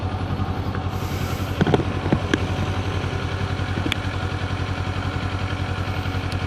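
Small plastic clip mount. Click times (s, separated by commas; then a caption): 3.9 s. A rider reattaches an action camera to its quick-release mount on a Kawasaki Z400 motorcycle, with a steady low engine-like hum throughout. A few small clatters of handling are heard between 1.6 and 2.4 s. Then a sharp click at 3.9 s as the mount snaps into place and locks.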